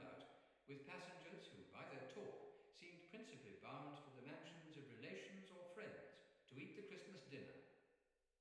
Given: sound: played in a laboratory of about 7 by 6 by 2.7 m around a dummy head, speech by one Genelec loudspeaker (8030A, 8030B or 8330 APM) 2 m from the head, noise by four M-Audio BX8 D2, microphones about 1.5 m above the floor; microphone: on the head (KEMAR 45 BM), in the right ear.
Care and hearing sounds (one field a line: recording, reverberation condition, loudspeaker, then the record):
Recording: male speech in English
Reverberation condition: high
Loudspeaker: in front (0 degrees)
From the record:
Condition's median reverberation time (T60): about 1300 ms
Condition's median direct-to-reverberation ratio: about -4.0 dB